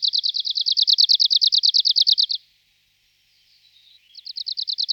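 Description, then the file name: Arctic warbler singing a rapid, regular trill of high notes that stops abruptly, then after a short quiet gap another trill begins. "Budnicek severni Phylloscopus borealis"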